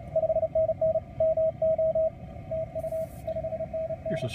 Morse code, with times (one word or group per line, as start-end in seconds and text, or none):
0.2-1.0 5NN
1.2-2.1 MO
2.5-3.0 TU
3.3-4.3 5NN